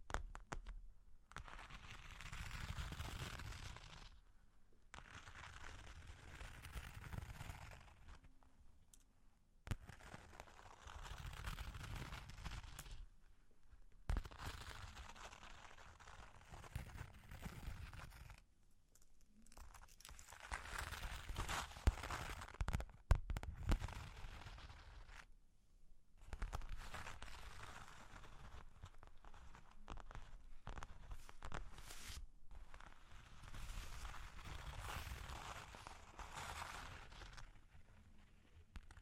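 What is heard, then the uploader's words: Long claws tap and scratch in dense, rasping bursts, each lasting a few seconds before a short pause, repeating about every four to five seconds. A dull low thudding runs beneath the scratching, with a few sharper clicks near the twenty-three second mark. Long Claws Tapping and Scratching (No Talking).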